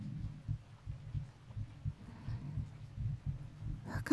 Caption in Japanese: 私の胸に耳を当ててみて。ほら、聞こえる？。 私の心臓の 鼓動。